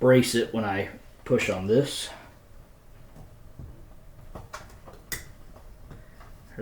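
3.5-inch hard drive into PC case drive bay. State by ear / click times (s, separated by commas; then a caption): seated / 5.1 s. Someone talks while an 8TB 3.5-inch hard drive is pushed by hand, without screws, into a PC case drive bay, with the bay braced from behind by the other hand. A few faint knocks come at 4.4 and 4.5 seconds, then a sharp click at 5.1 seconds as the drive latches and seats in the bay.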